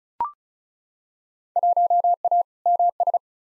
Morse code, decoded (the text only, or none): 1A MS